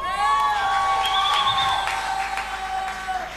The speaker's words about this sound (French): Manifestez d'abord la joie, les enfants de Dieu. Est-ce que vous pouvez faire des cris de joie?